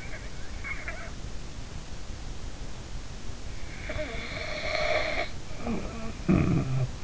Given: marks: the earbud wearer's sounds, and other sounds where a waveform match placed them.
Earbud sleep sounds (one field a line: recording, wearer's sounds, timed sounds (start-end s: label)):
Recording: sounds in sleep by an in-ear microphone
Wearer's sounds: snoring breath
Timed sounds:
0.50-1.02 s: snoring breath
3.71-7.04 s: snoring breath